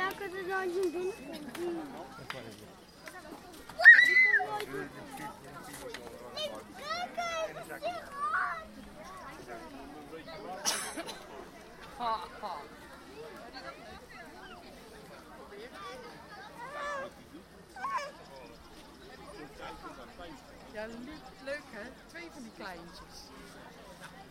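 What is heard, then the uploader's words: Visitors talk around a walker at the zoo, with several voices overlapping in continuous chatter. A louder exclamation stands out near four seconds and a sharp burst near eleven, while a low murmur of other people carries underneath throughout. A walk through the zoo Blijdorp, Rotterdam. It was way too crowded. It was too hot for the animals to do anything at all. Record the visitors around me while walking through the zoo.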